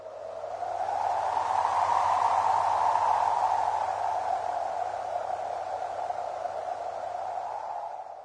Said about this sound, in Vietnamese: Đây là tiếng gió thổi mạnh có đúng không ạ? Vâng, từ để chỉ âm thanh này là hiu hiu. Hiu hiu. Miêu tả gió thổi ù ù, mạnh và liên tục.